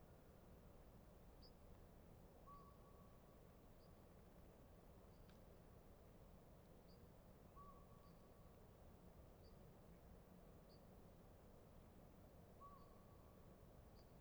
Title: Little Pend Oreille National Wildlife Refuge, Bayley's Lake at dawn, Pygmy Owls And Bats